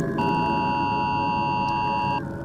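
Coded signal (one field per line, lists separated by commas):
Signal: Emergency Alert System (SAME) tones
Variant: 853 and 960 Hz attention tone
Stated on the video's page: Fictional WW3 nuclear EAS scenario, reupload of another creator's work.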